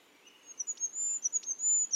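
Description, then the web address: Bird calls: a high, thin whistled stream with short sliding notes and a couple of sharp chips, over a soft hiss of background noise. "cianscape. Deverinetal 2025. Bird Only"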